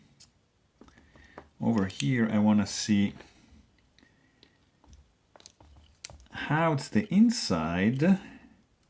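A disassembled Reate Epoch folding pocketknife is handled and worked on, with its blade lock to engage in the handle. Someone talks while small, faint taps and handling sounds are heard between the words. Nothing has seated or clicked into place yet.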